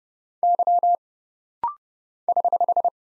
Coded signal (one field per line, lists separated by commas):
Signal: Morse code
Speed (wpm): 30 wpm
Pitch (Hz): 700 Hz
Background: none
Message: Y <HH>